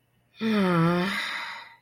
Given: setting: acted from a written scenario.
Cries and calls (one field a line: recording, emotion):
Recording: vocal sound without words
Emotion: guilt